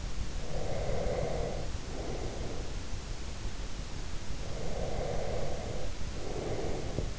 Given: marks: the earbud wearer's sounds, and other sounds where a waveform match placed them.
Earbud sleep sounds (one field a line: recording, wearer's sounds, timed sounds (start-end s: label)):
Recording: sounds in sleep by an in-ear microphone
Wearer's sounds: breath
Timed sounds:
0.31-2.83 s: breath
4.38-7.19 s: breath